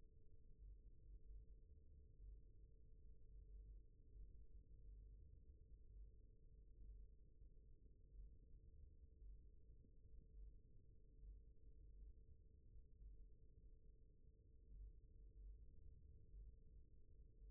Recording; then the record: forearm muscle sounds (acoustic myography)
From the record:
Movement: rest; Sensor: system 1, eight BSWA MPA416 microphones around the upper forearm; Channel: 4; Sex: male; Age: 28 years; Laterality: right